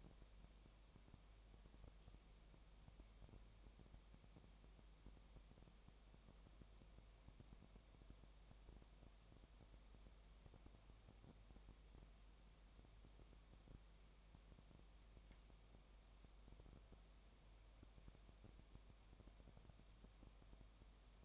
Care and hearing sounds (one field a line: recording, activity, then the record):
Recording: daily activity, microphone in the room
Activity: no activity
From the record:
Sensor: 1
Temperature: 19.7 degrees Celsius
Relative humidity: 37.0%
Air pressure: 1007.2 hPa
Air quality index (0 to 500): 143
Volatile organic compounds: 5 ppm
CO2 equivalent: 1748 ppm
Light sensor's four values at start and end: 1/2/1/1 and 1/2/1/1